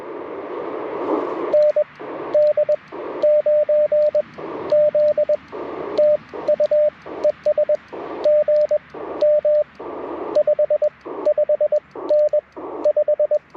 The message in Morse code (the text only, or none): ND9Z TU ES GM 55N 5